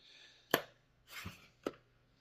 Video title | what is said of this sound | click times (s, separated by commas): New Unboxing Video and Demo of the RESINERS Dual Stand Mixer, Epoxy, and More with Full Tutorial | I will say this one does fit a little funny it doesn't snap in totally | 0.5 s, 1.7 s